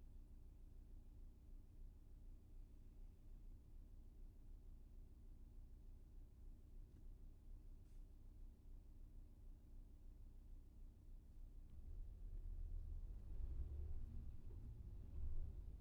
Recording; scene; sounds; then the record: everyday scene through a hearing-aid microphone; in a vehicle; engine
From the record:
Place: VW T5 Caravelle, diesel engine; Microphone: behind the ear, left, front